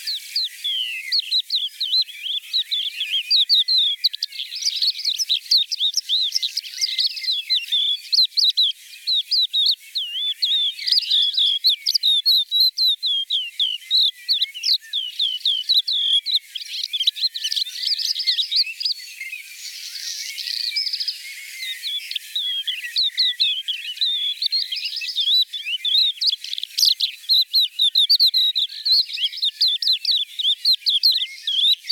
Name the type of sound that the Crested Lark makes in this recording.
song